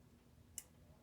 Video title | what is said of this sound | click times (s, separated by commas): Trumpet Lesson One: Assembling Your Instrument and Oiling Your Valves | And you hear that little clicking sound. | 0.6 s